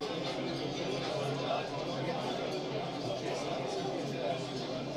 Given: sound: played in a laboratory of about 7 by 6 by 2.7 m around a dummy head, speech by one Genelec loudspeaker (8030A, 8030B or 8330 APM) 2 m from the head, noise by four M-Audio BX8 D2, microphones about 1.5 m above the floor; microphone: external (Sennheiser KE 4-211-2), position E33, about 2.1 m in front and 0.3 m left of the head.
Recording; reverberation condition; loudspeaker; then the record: cafeteria noise; low; four, about 170 cm from the corners of the room and facing them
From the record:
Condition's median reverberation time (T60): about 310 ms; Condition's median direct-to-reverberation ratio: about 3.5 dB